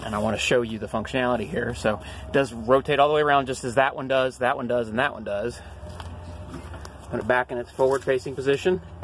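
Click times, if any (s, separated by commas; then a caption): none. Someone talks while a van captain's chair on its swivel seat base is rotated all the way around and turned back toward its forward-facing position, with faint handling ticks near 6.0 s and 6.9 s. The swivel lock has not engaged yet, and nothing has seated or clicked before the clip ends.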